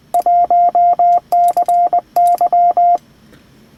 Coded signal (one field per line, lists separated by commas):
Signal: Morse code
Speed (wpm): 21 wpm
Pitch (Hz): 700 Hz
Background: none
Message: 1CY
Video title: Ham Radio Linked Repeaters & Full Duplex Handhelds